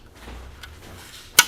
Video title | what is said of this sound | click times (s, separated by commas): Sewinggold.com Juki DDL-8700 setup video | belt guard, we have to take this little piece here, and it snaps right into here. | 1.4 s